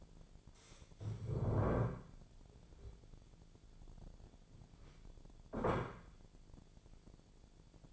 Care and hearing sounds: daily activity, microphone in the room; stand up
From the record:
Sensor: 5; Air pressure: 1008.2 hPa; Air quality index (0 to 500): 154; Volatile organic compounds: 3 ppm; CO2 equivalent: 1480 ppm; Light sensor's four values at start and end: 60/168/65/66 and 60/168/65/66

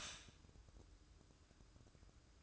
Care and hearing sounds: daily activity, microphone in the room; stop toaster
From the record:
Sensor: 2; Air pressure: 1007.1 hPa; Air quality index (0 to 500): 39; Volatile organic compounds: 1 ppm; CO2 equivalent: 538 ppm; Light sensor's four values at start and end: 6/14/6/6 and 6/14/6/6

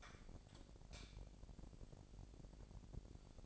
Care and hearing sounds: daily activity, microphone in the room; light off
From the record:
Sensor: 5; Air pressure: 1012.1 hPa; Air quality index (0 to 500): 249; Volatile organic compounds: 5 ppm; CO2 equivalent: 1719 ppm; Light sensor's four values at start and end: 42/101/42/44 and 41/95/40/42

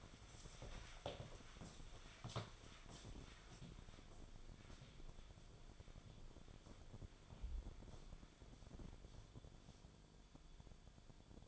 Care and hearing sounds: daily activity, microphone in the room; walk to room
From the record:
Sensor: 5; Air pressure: 1010.2 hPa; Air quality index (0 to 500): 138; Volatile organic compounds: 3 ppm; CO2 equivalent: 1349 ppm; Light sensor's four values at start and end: 269/657/280/311 and 276/689/289/318

